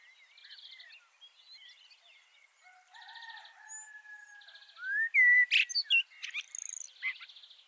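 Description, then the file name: Common blackbird song phrase with a bright whistle and high scratchy twitters, amid repeated buzzy trills and chirps. "Turdus merula"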